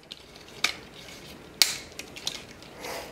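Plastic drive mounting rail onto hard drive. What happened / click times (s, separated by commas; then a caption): The plastic side rail snapped into place on the drive / 1.6 s. A plastic side mounting rail is pressed onto the other side of a hard drive, in a Synology DS1513+ drive setup, and clicks into place at 1.6 s with a sharp snap. Smaller plastic taps and handling noises come before and after it. The rail is seated.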